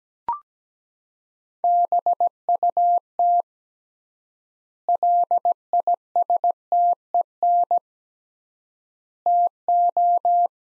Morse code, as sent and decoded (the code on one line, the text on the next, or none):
-... ..- - / .-.. .. ... - . -. / - ---
BUT LISTEN TO